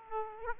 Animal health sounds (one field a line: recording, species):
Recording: mosquito wingbeat signal from an infrared sensor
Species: Aedes aegypti